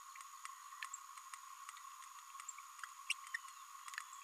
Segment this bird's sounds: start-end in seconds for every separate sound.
3.09-3.13, 3.34-3.36